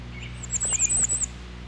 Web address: 101 Bird Songs. Bay Breasted Warbler